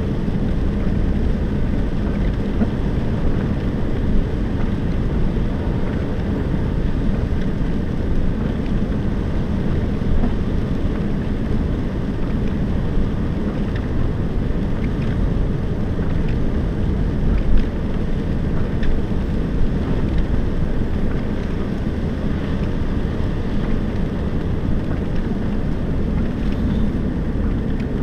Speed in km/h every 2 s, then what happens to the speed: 45, 46, 46, 46, 46, 46, 47, 47, 46, 46, 45, 47, 47, 41.
0-25 steady at about 46. 25-28 slows to 41.